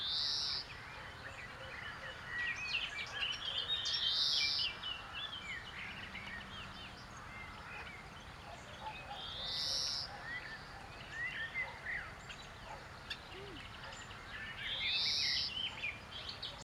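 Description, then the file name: European greenfinch calls: four nasal, buzzy wheezes spaced roughly five seconds apart, with assorted twittering bird notes and a constant hiss between them. "Chloris chloris"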